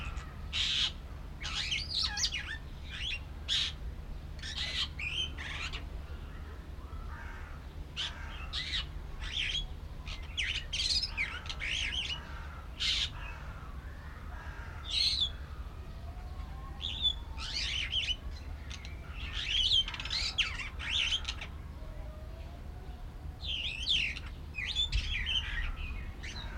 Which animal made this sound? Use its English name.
Superb Starling